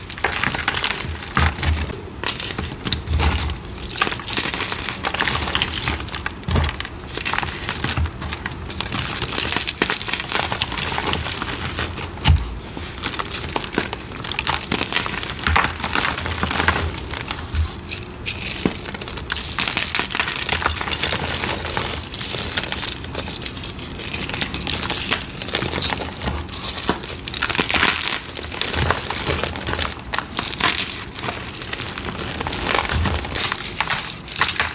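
Crunchy cornstarch and dyed gym chalk crumble continuously, with dense, bright, gritty crackling. The texture stays busy and even for the whole stretch, with occasional sharper snaps, such as one around twelve seconds, over a quiet background.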